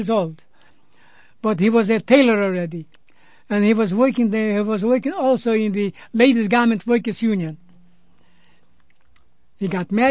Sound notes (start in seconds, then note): none